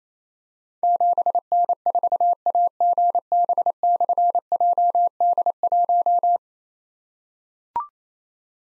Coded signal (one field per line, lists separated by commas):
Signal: Morse code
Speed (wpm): 29 wpm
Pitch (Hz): 700 Hz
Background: none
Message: 7N4AGB/JD1